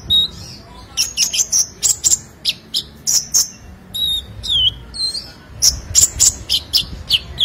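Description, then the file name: Sunbird song: a lively twitter of sharp, very high chirps with a few slurred downward notes. "Kolibri Lebah"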